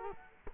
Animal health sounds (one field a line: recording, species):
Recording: mosquito wingbeat signal from an infrared sensor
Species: Culex quinquefasciatus